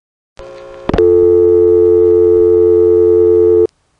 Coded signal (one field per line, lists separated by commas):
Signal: telephone call progress tone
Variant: North America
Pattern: dial tone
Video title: How I Became a Phone Phreak pgm. 10, December 1970